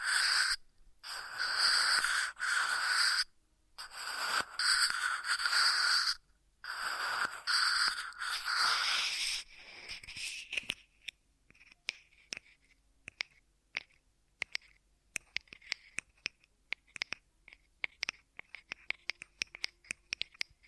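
Ear massage triggers, with dense rubbing and scraping in bursts of a second or two, broken by short pauses, for the first ten seconds. After that the sound thins to scattered soft ticks, taps and light scratches, irregular and much quieter through to the end.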